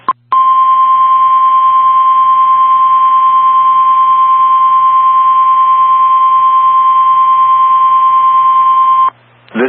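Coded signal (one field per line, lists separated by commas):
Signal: Emergency Alert System (SAME) tones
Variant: 1050 Hz attention tone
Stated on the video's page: Tornado drill aired on NOAA Weather Radio and a broadcast station.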